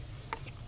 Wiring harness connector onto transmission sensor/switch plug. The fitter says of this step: a little click on see locked in so I pull